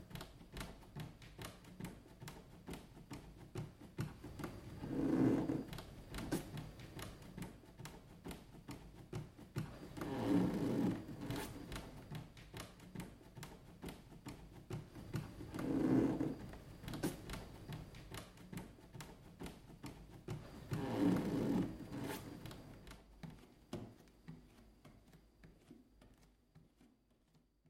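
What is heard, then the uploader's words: Footsteps on a wooden floor, with a steady run of light taps and creaks. Heavier, louder thuds come about every five seconds, near 5, 10, 16 and 21 seconds, before the sound thins and fades near the end. Footsteps on wood - Instant Sound Art. Feet on wooden floor.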